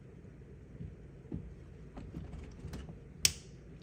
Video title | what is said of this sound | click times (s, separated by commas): How to fix Electrolux dishwasher with lights flashing i30 | Did you hear that click noise? The pressure switch is sitting in place properly, | 3.2 s